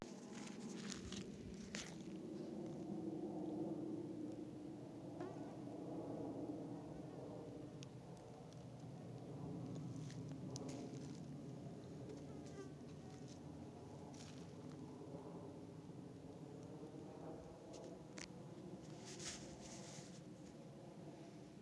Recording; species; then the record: mosquito flight sound by mobile phone; Aedes sierrensis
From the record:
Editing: field recording with all noises